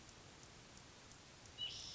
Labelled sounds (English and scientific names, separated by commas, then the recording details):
White-breasted Nuthatch (Sitta carolinensis)
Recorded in Sonoma County, California